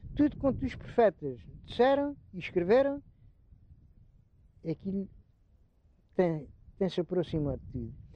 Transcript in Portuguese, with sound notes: Tudo quanto os profetas disseram e escreveram, aquilo [pausa] tem tem-se aproximado tudo.